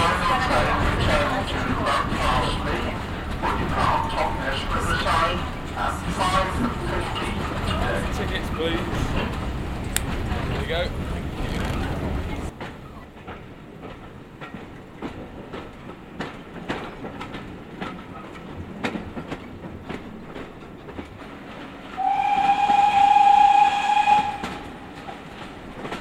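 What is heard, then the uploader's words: On a steam railway, a busy, loud stretch of rolling train noise mixed with voices fills the first half, then cuts abruptly to a quieter, thinner rumble. Around 22 seconds a bright steam whistle blows steadily for about two seconds. South Devon Railway. A journey in sound on a real steam railway.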